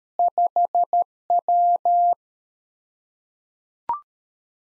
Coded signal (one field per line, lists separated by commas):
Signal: Morse code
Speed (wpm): 13 wpm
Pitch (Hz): 700 Hz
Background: none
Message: 5W